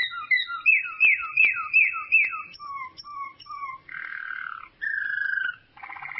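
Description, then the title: Canary song: a run of quick repeated whistled slurs, then a buzzy phrase, a clear drawn-out whistle and a rapid rattling roll. "Kenari"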